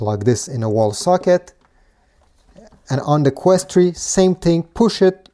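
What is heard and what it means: Someone talks while handling a charging cable plug, pushing it toward the charging port of a Meta Quest 3 VR headset after plugging the other end into a wall socket. Only speech is heard, with a quiet pause in the middle. The plug has not seated or clicked into the port yet.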